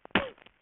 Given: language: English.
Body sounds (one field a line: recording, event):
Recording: throat vibration sensor signal played as sound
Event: cough